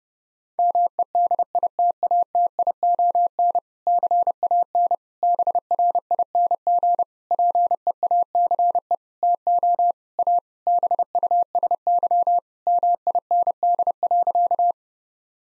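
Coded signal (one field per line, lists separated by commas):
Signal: Morse code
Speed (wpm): 30 wpm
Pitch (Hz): 700 Hz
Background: none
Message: MEDITATION CAN BRING PEACE TO A BUSY MIND.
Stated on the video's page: 30 WPM Morse copying practice of difficult sentences with contextual hints.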